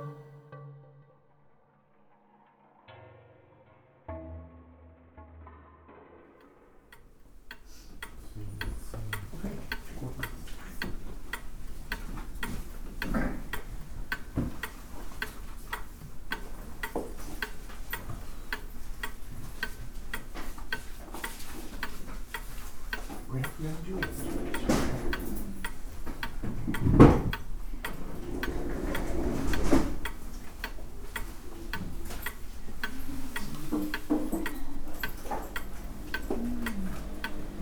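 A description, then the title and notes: A recording inside the Teshima Art Museum opens almost silent, with a few soft low tones in the first seconds. From about eight seconds a dense, steady patter of small ticks and clicks fills the space, swelling slightly with faint murmurs around twenty-five to thirty seconds. Field recordings I made in Japan. Recordings made inside the remarkable Teshima Art Museum.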